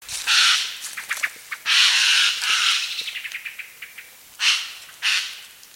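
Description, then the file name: Eurasian jay giving harsh, rasping screeches, two long ones early and two shorter ones later, with soft clicks and ticks between against a light background hiss. "Garrulus glandarius"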